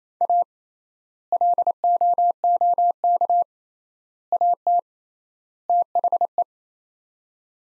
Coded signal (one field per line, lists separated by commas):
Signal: Morse code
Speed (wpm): 28 wpm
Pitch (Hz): 700 Hz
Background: none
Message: A LOOK AT THE